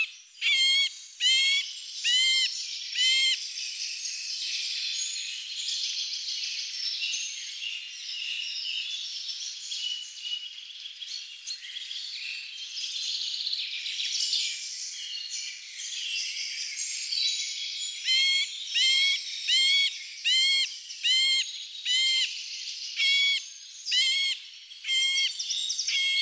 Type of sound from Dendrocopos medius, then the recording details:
song. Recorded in the wild. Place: Lilienhof / Kaiserstuhl, Baden-Württemberg, DE. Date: 1999-04-03. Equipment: MiniDisc Sony MZ-R35, Telinga DAT, Telinga-Parabolspiegel. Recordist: Schwarz, Dieter